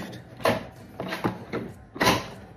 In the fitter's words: That last click.